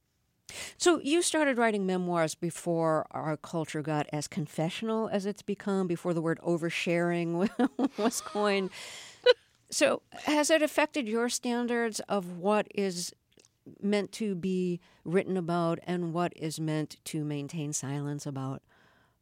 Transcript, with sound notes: So you started writing memoirs before our culture got as confessional as it's become, before the word over-sharing (laughter) was coined.
(Laughter).
So has that affected your standards of what is meant to be written about and what is meant to maintain silence about?